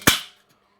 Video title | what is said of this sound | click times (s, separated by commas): Weber Master Class BBQ unboxing | that's clicked into place and now you've got your mechanism | 0.1 s